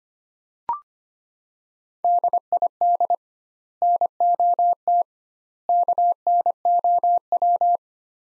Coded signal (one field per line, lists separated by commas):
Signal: Morse code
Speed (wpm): 25 wpm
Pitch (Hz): 700 Hz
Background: none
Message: DID NOT KNOW